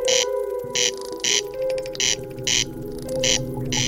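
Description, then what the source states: Corncrake song: dry, rasping notes repeated in a steady series. Sings mainly between 11 pm and 3 am; only the male sings; name imitates the call 'crex crex'; also called râle des genêts.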